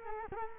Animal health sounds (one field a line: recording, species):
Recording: mosquito wingbeat signal from an infrared sensor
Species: Culex quinquefasciatus